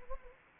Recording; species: mosquito wingbeat signal from an infrared sensor; Anopheles arabiensis